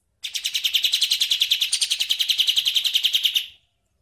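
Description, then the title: Bird song: a fast, even trill of rapid repeated high chirps lasting about three seconds, then stopping abruptly. Masteran bird sound, used for training birds. "Suara masteran Burung"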